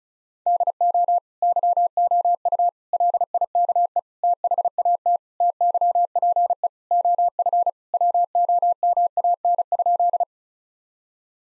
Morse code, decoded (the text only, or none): DO YOU LIKE THAT TYPE OF WOMAN?